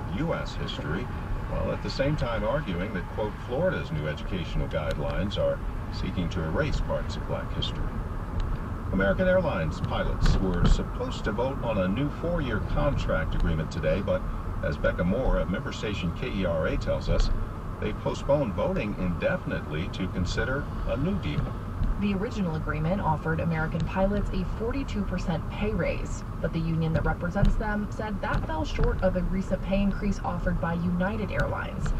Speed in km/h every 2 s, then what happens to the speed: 15, 10, 11, 15, 18, 21, 21, 23, 23, 23, 23, 23, 19, 19, 19, 21.
3-13 speeds up to 23. 13-32 steady at about 23.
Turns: none.